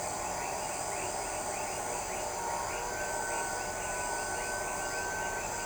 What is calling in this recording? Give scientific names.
none